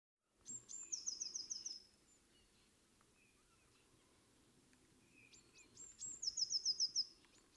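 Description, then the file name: Eurasian blue tit song: two high phrases, each a couple of thin introductory notes followed by a fast trill of about six notes, separated by roughly four seconds of quiet. "Cyanistes caeruleus"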